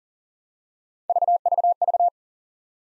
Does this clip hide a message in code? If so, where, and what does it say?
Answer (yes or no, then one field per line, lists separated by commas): no